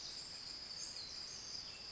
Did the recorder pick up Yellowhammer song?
no